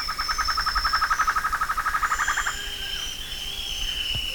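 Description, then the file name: Bird giving a rapid pulsed trill for about two and a half seconds, then fainter thin whistles, with steady low background hum. "SABIOD 50 bird 2015"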